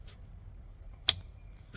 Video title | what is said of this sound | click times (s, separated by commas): Suburban Airbag Removal | You'll definitely hear like a little click. | 1.1 s